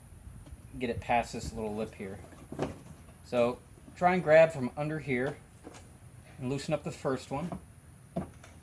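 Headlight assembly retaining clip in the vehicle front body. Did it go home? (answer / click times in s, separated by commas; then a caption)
released / 8.2 s. A headlight assembly on a 2008–2014 Kia Soul is pulled straight out of the car's front body, past a small lip cleared by loosening the front bumper, while someone talks. At 8.2 s the first retaining clip pops loose with a sharp click, releasing that side of the assembly.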